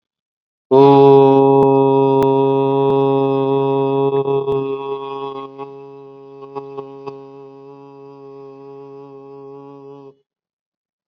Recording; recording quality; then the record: sustained vowel as in boot; excellent, no background noise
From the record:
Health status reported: COVID-19 positive, mild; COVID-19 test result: positive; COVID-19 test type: RT-PCR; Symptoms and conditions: sore throat, fatigue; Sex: male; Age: 39 years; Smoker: yes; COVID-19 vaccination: both doses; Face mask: worn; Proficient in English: yes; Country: India